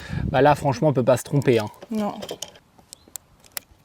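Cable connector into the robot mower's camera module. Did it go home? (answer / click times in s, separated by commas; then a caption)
yes / 3.6 s. Someone talks for about 2.5 seconds while plugging the matching cables into the robot mower's LiDAR camera module. Small ticks follow at 2.9 and 3.2 seconds. The plastic cable connector snaps home with a sharp click at 3.6 seconds, seating it.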